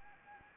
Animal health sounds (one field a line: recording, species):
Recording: mosquito wingbeat signal from an infrared sensor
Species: Anopheles arabiensis